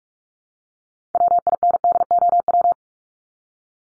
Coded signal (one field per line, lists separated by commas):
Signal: Morse code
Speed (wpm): 44 wpm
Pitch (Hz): 700 Hz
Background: none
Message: WINDOW